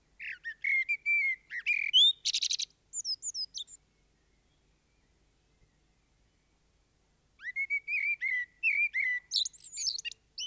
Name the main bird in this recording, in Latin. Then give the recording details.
Turdus merula. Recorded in the wild. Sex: male. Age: adult. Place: Garmisch-Partenkirchen, Bayern, DE. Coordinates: 47.5047, 11.0856. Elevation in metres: 692. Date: 1973-04-25. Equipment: Nagra IV, Sennheiser MKH 405, Parabolreflektor. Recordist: Tretzel, Erwin